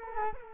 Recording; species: mosquito wingbeat signal from an infrared sensor; Culex quinquefasciatus